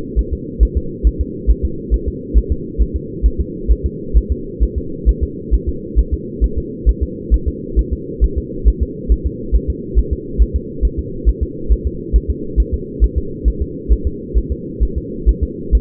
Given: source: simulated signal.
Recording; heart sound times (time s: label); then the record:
fetal heart sounds
0.19 s: S1
0.33 s: S2
0.63 s: S1
0.77 s: S2
1.07 s: S1
1.21 s: S2
1.50 s: S1
1.65 s: S2
1.94 s: S1
2.08 s: S2
2.38 s: S1
2.52 s: S2
2.81 s: S1
2.96 s: S2
3.26 s: S1
3.40 s: S2
3.71 s: S1
3.86 s: S2
4.17 s: S1
4.32 s: S2
4.63 s: S1
4.78 s: S2
5.09 s: S1
5.23 s: S2
5.54 s: S1
5.69 s: S2
5.99 s: S1
6.13 s: S2
6.44 s: S1
6.58 s: S2
6.89 s: S1
7.03 s: S2
7.34 s: S1
7.48 s: S2
7.79 s: S1
7.93 s: S2
8.24 s: S1
8.38 s: S2
8.68 s: S1
8.83 s: S2
9.12 s: S1
9.26 s: S2
9.55 s: S1
9.70 s: S2
9.99 s: S1
10.13 s: S2
10.42 s: S1
10.56 s: S2
10.85 s: S1
10.99 s: S2
11.29 s: S1
11.43 s: S2
11.72 s: S1
11.87 s: S2
12.16 s: S1
12.30 s: S2
12.60 s: S1
12.74 s: S2
13.04 s: S1
13.18 s: S2
13.48 s: S1
13.62 s: S2
13.92 s: S1
14.07 s: S2
14.38 s: S1
14.52 s: S2
14.83 s: S1
14.97 s: S2
15.29 s: S1
15.43 s: S2
15.75 s: S1
From the record:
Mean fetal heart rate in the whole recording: 135 bpm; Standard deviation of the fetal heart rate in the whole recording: 3 bpm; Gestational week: 34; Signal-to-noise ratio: -4.3 dB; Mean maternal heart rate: 72 bpm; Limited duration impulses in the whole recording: absent